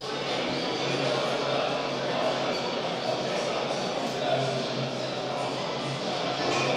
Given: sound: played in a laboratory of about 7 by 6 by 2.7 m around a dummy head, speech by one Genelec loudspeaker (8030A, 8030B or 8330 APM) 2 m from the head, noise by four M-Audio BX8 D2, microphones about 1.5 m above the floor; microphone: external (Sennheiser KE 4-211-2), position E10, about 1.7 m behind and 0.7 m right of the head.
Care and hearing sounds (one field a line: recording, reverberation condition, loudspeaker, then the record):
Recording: cafeteria noise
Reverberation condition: high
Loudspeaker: four, about 170 cm from the corners of the room and facing them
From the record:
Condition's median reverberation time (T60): about 1300 ms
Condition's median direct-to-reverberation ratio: about -4.0 dB